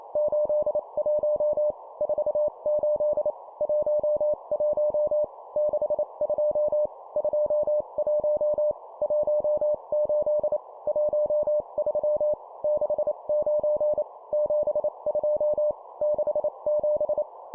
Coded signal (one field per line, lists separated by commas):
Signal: Morse code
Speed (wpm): 28 wpm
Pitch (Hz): 600 Hz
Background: none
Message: 81 48 11 62 21 18 13 69 72 67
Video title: 25wpm Two number words, morse code course